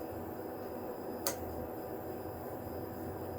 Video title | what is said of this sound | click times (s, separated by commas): Sherpa Blanket Embroidery on the Redline 1501 Embroidery Machine! | we'll just slide that right back and it clicks into place so | 1.3 s